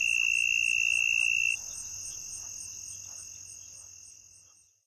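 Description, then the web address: Southern mole cricket song: a steady, unbroken mid-pitched trill that stops abruptly after about a second and a half. Fainter high pulsing insect buzz continues and fades out. North America. "Songs of Insects. Southern Mole Cricket"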